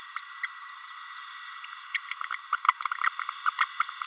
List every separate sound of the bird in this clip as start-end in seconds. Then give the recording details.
0.43-0.47, 1.94-1.98, 2.52-2.56, 3.46-3.50, 3.60-3.65, 3.79-3.82. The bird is a female. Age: 30 days. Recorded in a nest box in Venezuela. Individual 17B32A7